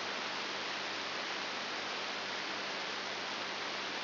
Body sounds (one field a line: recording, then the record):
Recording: brain microelectrode recording played as sound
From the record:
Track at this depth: inside the subthalamic nucleus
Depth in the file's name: 6.901 mm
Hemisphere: left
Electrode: 3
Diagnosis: Parkinson's disease